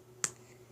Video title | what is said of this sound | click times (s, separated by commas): Auroran fursuit overview | You'll hear a little click when it goes on, | 0.2 s